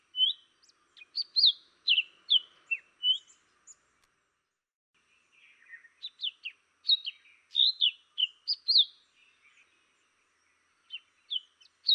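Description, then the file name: Jerdon's leafbird singing varied chirps and slurred whistles in two bursts separated by a pause of about one and a half seconds, then a few more notes near the end, phrases quick and changeable. "suara jerdon leafbird omkicau"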